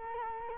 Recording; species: mosquito wingbeat signal from an infrared sensor; Culex quinquefasciatus